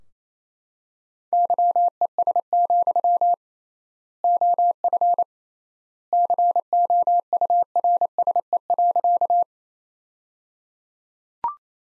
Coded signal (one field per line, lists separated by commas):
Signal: Morse code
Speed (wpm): 28 wpm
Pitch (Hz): 700 Hz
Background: none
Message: YES, OF COURSE.